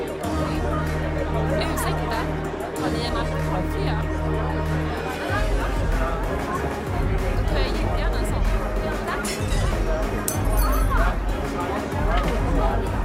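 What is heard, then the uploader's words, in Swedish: Murmuring bar noise: many voices talk at once in a dense, steady babble, with the odd clink of glasses. A low droning hum runs underneath for the first five seconds, then gives way to a deeper, rougher rumble for the rest. Baren. En timme sorlande barljud.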